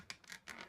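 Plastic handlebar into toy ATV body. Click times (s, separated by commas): 0.1 s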